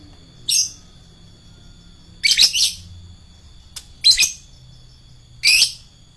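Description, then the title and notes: Lovebird utters four separated shrill squeaky bursts, some doubled, spaced one to two seconds apart. Adult lovebird of the fighter type. "LOVEBIRD FIGTER. Lovebird Dewasa"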